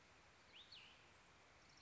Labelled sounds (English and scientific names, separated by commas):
Cassin's Vireo (Vireo cassinii)